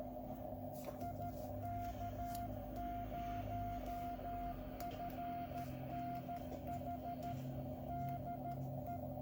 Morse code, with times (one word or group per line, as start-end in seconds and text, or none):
1.0-7.3 IK0FNH
7.9-9.0 DE